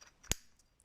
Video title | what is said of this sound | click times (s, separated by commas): Mercedes W202 M104 Turbo Uniball Bearing Kit for the Axles Part 1/2 | So you hear it snap. | 0.3 s